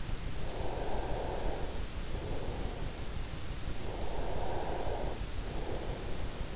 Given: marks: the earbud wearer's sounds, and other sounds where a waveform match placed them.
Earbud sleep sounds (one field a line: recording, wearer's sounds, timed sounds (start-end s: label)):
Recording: sounds in sleep by an in-ear microphone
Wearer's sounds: breath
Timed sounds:
0.24-3.11 s: breath
3.72-6.11 s: breath